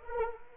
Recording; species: mosquito wingbeat signal from an infrared sensor; Anopheles arabiensis